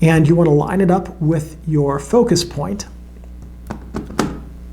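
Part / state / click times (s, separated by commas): lens into a film SLR camera body's bayonet mount / seated / 4.2 s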